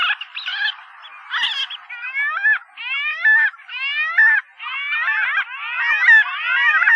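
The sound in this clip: Arctic skua giving a series of harsh, nasal wailing calls with short gaps between them.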